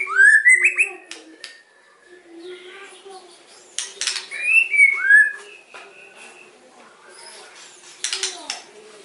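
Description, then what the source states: White-rumped shama song: loud rising whistles and slurred notes broken by clicks and short harsh bursts, with a low steady hum beneath. Lure recording (pancingan) of a strongly singing (gacor) bird, meant to provoke a quick response from other birds.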